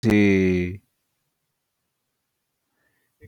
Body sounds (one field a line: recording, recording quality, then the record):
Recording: deep breathing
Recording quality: poor, much background noise or distortion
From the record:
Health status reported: COVID-19 positive, mild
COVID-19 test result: positive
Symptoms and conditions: fatigue, hypertension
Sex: male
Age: 30 years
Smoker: yes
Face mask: worn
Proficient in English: yes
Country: India